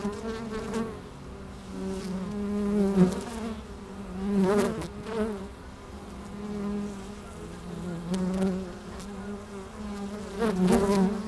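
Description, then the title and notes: Honey bees humming continuously, the low drone swelling and fading, with a few brief louder buzzes. Honey bees recorded at a hive entrance in a bee pavilion of a botanical garden in Meise, Belgium, with microphones placed at the entrance of the hive. "Meise, Jardin botanique. Pavillon des abeilles, micros placés à l'entrée de la ruche."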